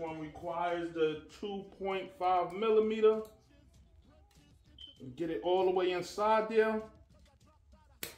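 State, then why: Released. Over background music, someone talks while fitting a 2.5 mm hex key all the way into a threadlocked motor screw in an RC car motor mount after heating the threadlocker. At 8.0 s the screw breaks loose with one sharp click, releasing it so it can come out.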